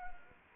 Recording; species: mosquito wingbeat signal from an infrared sensor; Anopheles arabiensis